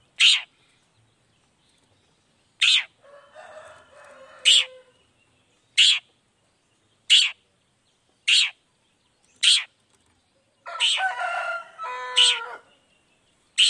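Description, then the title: Long-tailed shrike repeating sharp, rasping down-slurred notes, broken by softer chattering and a harmonic, nasal warbling phrase. Long-tailed shrike singing in the morning with varied 'toet toet' notes, played to provoke other shrikes into responding quickly. "Cendet Gacor Dor Di Kala Pagi Toet Toet Variasi Suara. Cendet Gacor Langsung Nyaut Emosi Hanya dengan Sekali Putar Bikin Cendet Lainya Cepat Respon Bunyi"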